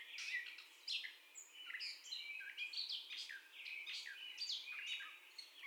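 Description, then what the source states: Catbird pouring out a rapid medley of squeaky whistles, buzzy notes and clicks. Catbird's first song, 30 May 2021.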